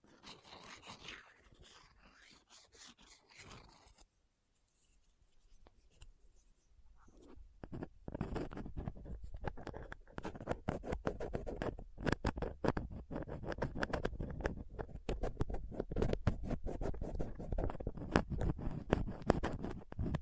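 Rough scratching and picking against a mic with dental tools, soft at first, a near-silent gap around four seconds, then dense fast scraping.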